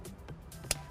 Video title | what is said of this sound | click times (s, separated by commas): Echomaster MESA Training 2017 | gonna lock that into place make sure you hear that click | 0.7 s